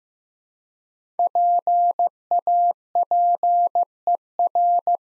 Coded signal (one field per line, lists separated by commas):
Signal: Morse code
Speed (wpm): 15 wpm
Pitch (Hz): 700 Hz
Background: none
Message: PAPER